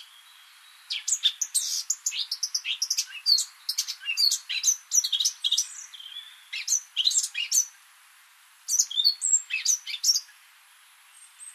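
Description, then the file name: Eurasian Blackcap song: several bursts of rapid, varied chirps and twittering notes separated by short pauses. "Sylvia atricapilla"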